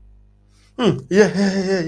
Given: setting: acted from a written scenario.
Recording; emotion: vocal sound without words; interest